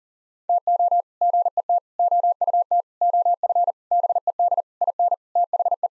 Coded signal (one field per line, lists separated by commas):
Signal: Morse code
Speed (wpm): 40 wpm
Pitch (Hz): 700 Hz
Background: none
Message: TO GET OUT OF BED IN THE